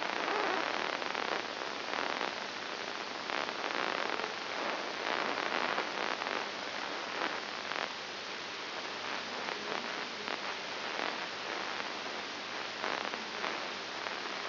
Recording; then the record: brain microelectrode recording played as sound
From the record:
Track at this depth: inside the subthalamic nucleus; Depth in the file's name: 6.301 mm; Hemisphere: left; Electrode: 2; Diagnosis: Parkinson's disease